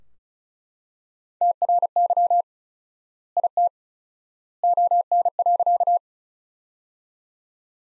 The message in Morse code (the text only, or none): TRY IT ON.